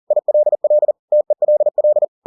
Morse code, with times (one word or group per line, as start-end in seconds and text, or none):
0.1-0.9 ILL
1.1-2.0 TELL